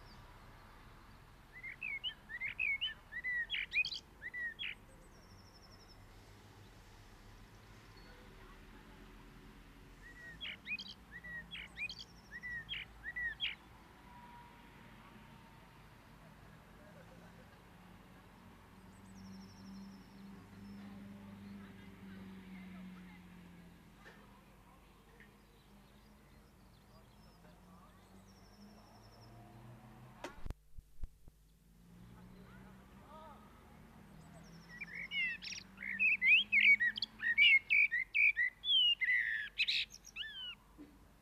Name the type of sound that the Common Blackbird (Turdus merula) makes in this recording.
song